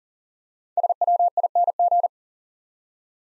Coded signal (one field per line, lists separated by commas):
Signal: Morse code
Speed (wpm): 39 wpm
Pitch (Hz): 700 Hz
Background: none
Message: SWING